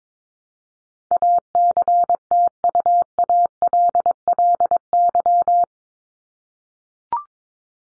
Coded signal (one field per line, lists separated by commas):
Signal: Morse code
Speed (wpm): 22 wpm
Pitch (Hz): 700 Hz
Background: none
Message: ACTUALLY